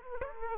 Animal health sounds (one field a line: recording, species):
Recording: mosquito wingbeat signal from an infrared sensor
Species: Aedes aegypti